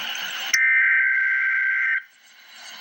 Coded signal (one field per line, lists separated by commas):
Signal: Emergency Alert System (SAME) tones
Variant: header bursts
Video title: Emergency Alert System - Freeze Warning - Oct 24, 2025 at 1:41 PM EDT